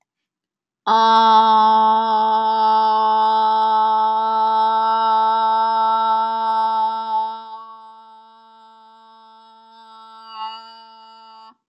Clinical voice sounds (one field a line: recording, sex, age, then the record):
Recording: vowel held as long as possible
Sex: female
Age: 20 to 29 years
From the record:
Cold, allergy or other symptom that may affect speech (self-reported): no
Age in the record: 24 years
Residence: Texas, United States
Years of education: 16